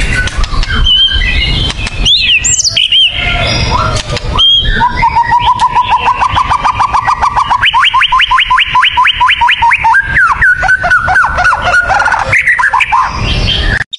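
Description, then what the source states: White-rumped shama song, loud and varied whistles with a long run of rapid repeated notes, then higher sweeping phrases over steady hiss. Lure recording played to make the bird respond; the singing is described as gacor, persistent vigorous song.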